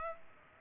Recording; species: mosquito wingbeat signal from an infrared sensor; Culex pipiens